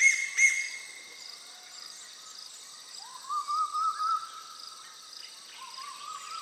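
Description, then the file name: Pacific koel calling with drawn-out rising whistled notes, one long upslurred phrase followed by a shorter one, over a steady high insect drone. Subspecies cyanocephalus. "Pacific Koel Eudynamys orientalis cyanocephalus"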